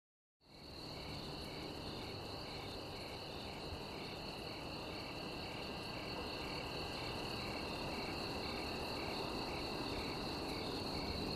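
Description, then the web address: Crickets giving continuous high pulsed chirps, regular and overlapping, over a broad background hiss after a brief silent start. Recorded in a field near a village. "som de grilos no campo gravado perto da aldeia"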